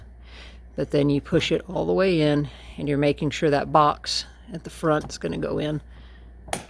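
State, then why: Seated. A plastic LED cargo light housing on a 2004 Saturn Vue is pushed fully into the cutout in the hatch trim panel while someone talks. A sharp snap at 6.5 s marks the housing seating into place.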